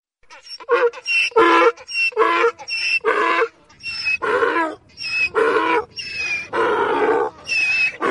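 Donkey bray, a rhythmic rasping hee-haw with tonal wheezy inhalations alternating with harsh blasts, repeated throughout.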